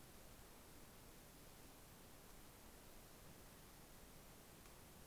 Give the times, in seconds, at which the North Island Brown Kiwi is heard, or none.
none